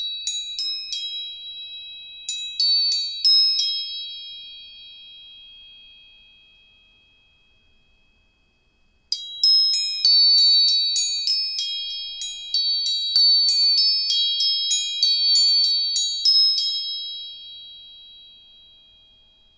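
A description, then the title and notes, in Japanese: Tuning forks are struck in quick bursts, giving bright, high metallic pings that ring and slowly fade. Short clusters come early, then a quiet stretch of several seconds, and from about nine seconds a longer, denser run of overlapping strikes. The rings decay into silence near the end. 音叉チューニング。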